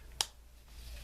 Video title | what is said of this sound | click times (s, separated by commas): Transformers re-review Mech Ideas Topspin and Twintwist | and it all just kind of locks into place and just give it a good push | 0.2 s